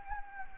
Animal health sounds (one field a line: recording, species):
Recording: mosquito wingbeat signal from an infrared sensor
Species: Anopheles gambiae